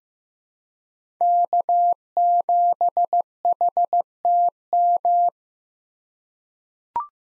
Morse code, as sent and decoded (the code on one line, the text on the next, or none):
-.- --... .... - --
K7HTM